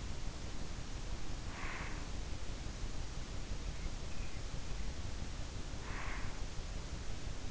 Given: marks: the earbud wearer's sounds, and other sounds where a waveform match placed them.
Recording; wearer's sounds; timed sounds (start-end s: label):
sounds in sleep by an in-ear microphone; breath
1.48-2.06 s: breath
5.88-6.49 s: breath